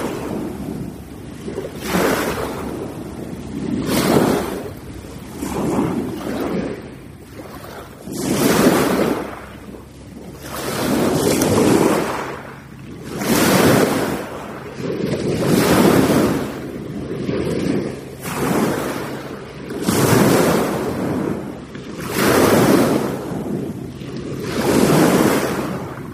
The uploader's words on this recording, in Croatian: Istrian beach at dusk. Recorded in Medveja, Croatia.